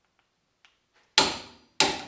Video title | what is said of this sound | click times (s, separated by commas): Short Action Customs Modular Barrel Vise How To Use | And tighten her down until you hear her click. | 1.2 s